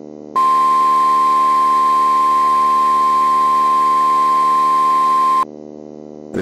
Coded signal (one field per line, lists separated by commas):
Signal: Emergency Alert System (SAME) tones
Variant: 1050 Hz attention tone